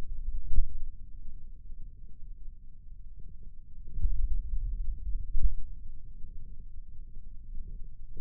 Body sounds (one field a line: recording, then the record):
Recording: forearm muscle sounds (acoustic myography)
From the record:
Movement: pen grasping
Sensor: system 2, bracelet of six BSWA MPA416 microphones around the upper forearm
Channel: 2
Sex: male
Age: 22 years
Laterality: right